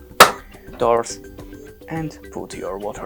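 After the brewing unit is refitted, the side service door on the housing of a ZELMER Maestro Barista ZCM8121 coffee machine is closed and latches with one sharp, loud impact at 0.2 s. Someone talks afterward, and the door is shut and latched.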